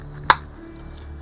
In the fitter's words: going to snap into place